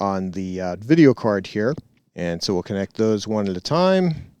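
A power supply cable plug is handled at the motherboard power socket, about to be pushed in until its locking tab snaps over. Someone talks throughout, with a brief pause around 1.9 to 2.1 seconds. Nothing has seated or clicked yet.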